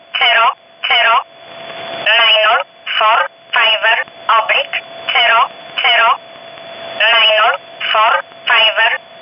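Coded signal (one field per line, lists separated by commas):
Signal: numbers station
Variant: E11 Oblique, English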